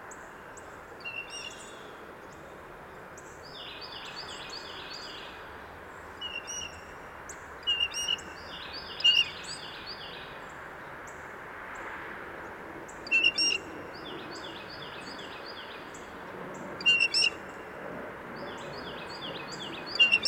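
Blue Jays give short, harsh scolding calls in scattered bursts, with a Carolina Wren's quick repeated phrases in between, bright. A steady outdoor hiss runs underneath, and the calling comes every few seconds rather than continuously.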